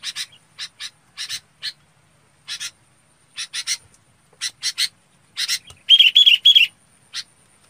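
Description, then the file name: Red-whiskered bulbul calls: short harsh rasping notes in clusters of two or three, then a brief burst of quicker, more tonal chattering before one last note. Calling to its flock. "Tieng chao mao bong goi bay"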